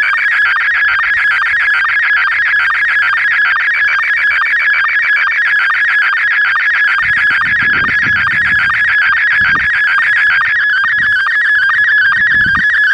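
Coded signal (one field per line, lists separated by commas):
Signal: SSTV (slow-scan television)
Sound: continuous warbling tone with fast regular chirps, about four per second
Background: faint low rumble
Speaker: Received DTMF command number 20. SSTV test transmission.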